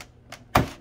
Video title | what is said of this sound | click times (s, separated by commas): We Got The Part!! Little Giant Egg Incubator Repair | hear that click. You know. No, but we heard the click. All right, as long as you heard the click. | 0.6 s